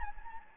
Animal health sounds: mosquito wingbeat signal from an infrared sensor; Anopheles gambiae

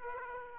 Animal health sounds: mosquito wingbeat signal from an infrared sensor; Aedes aegypti

